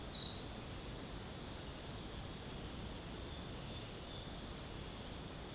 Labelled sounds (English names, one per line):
none